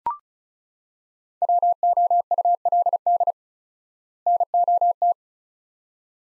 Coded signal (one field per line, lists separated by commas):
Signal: Morse code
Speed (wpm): 36 wpm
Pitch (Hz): 700 Hz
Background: none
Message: WOULD NOT